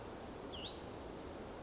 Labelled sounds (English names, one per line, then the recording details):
Hutton's Vireo
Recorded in Sonoma County, California